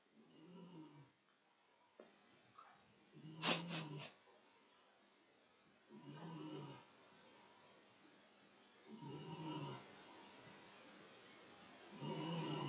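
A female pet dog, asleep, snoring.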